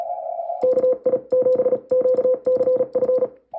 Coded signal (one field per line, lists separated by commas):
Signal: Morse code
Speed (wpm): 36 wpm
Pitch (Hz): 510 Hz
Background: none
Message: KI7QCF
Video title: When it rains it pours #morsecode #dxing #hamradio